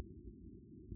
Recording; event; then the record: neck accelerometer signal played as sound; no cough (speech, laughter, throat clearing or background)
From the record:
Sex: male